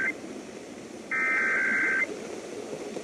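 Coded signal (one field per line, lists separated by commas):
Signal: Emergency Alert System (SAME) tones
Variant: header bursts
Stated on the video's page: Compilation of real EAS captures.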